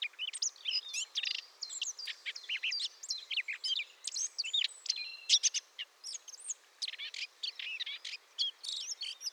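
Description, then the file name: Eurasian blackcap pouring out a busy warble of quick chirps, slurred whistles and rattling notes, almost without pause throughout. "Sylvia atricapilla"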